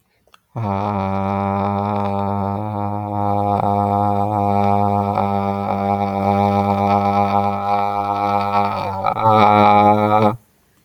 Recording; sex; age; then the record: vowel held as long as possible; male; 40 to 49 years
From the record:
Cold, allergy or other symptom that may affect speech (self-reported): no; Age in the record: 45 years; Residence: California, United States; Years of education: 20